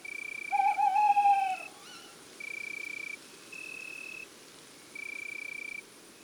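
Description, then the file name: Tawny owl hoot, loud and quavering, early. Even shrill tones follow in several separate bursts. Male; woods and forests. "Chouette hulotte male Chants doiseaux des bois et des forets"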